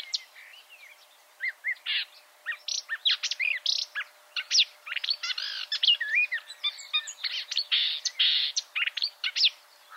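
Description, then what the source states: Marsh warbler song: after a quiet start, an energetic stream of varied twittering notes, short buzzes and squeaky whistles packed closely with few gaps. Chirping song.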